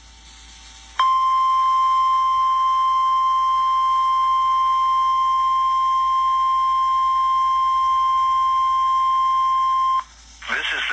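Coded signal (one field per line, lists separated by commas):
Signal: Emergency Alert System (SAME) tones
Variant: 1050 Hz attention tone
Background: speech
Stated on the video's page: Required Weekly Test received on weather radio station WXK35 in Waco, Texas.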